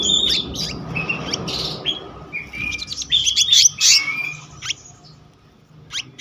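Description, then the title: Selendang biru songbird pouring out quick high chirps and whistled slurs, busy at first and then fading to scattered notes over a soft background hum. Continuous rolling song style called gacor ngeroll, with varied filler notes (isian). "BURUNG SELENDANG BIRU GACOR NGEROLL ISIAN"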